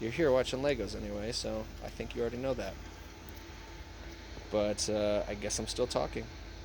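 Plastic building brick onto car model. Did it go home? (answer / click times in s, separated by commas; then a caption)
no / none. A plastic building brick is being handled onto a plastic brick car model, but nothing has seated or clicked yet. Someone talks over a steady low background hum.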